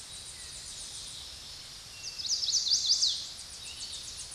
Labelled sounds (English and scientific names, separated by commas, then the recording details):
Chestnut-sided Warbler (Setophaga pensylvanica) song
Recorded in a Pennsylvania forest on 16 May 2024 at 06:06
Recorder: AudioMoth, point MSD-2007
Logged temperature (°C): 16.1 °C
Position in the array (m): 41 m, 30 m